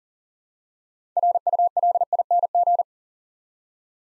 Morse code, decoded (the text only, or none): RULING